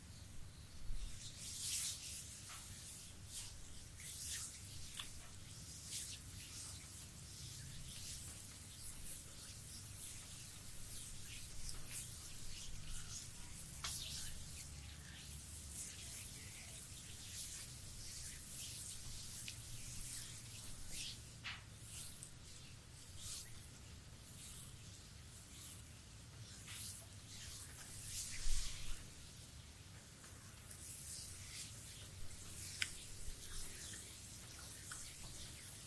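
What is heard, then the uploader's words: A back massage with lotion: continuous slick rubbing and squelching strokes, with many short bright wet smacks and slides scattered throughout. A low rumbling undertone runs beneath, and a couple of sharper, louder slaps stand out near the 28 and 33 second marks. ASMR Relaxing Sport Back Massage with lotion by Anna.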